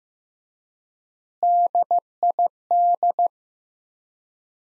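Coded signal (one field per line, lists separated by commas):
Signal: Morse code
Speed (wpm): 15 wpm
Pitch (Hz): 700 Hz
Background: none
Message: DID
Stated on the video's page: Morse practice of three-word sets at 15 wpm with 3x word spacing, a Farnsworth-like method applied to words, followed by spoken answers.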